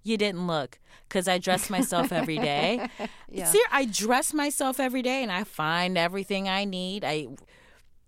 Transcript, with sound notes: You didn't look because I dress myself every day...
(Laughter). Yeah.
I dress myself every day. And I find everything I need.